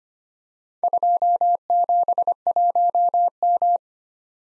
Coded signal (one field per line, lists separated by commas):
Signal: Morse code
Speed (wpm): 25 wpm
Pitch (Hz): 700 Hz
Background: none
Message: 271M